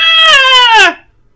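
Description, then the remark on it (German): A baby lets out a single loud, sustained wail with a strong harmonic tone that slides slightly downward in pitch before cutting off abruptly, leaving near silence. “Und dann dreht es um und verschwindet mit dem schreienden Baby, mit dem Pulk von diesen schwarzen Wesen, die Treppe wieder runter.”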